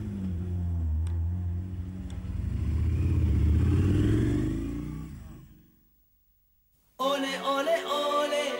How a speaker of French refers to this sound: On va avoir des beaux bruits de voiture, alors. Ouais, c'est bien, les voitures.